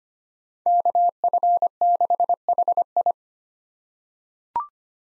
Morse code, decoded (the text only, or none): KF6HI